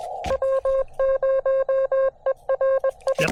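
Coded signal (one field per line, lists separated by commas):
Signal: Morse code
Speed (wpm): 20 wpm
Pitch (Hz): 540 Hz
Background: none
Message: W0ERI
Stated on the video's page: POTA and SOTA activation with a KX2 and 17-foot vertical on 20m and 15m, with short-lived huge pileups.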